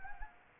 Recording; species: mosquito wingbeat signal from an infrared sensor; Anopheles gambiae